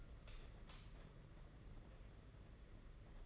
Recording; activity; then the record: daily activity, microphone in the room; light on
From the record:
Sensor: 4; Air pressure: 992.7 hPa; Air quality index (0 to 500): 168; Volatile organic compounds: 244 ppm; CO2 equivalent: 4345 ppm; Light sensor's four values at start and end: 4/8/3/3 and 4/10/4/4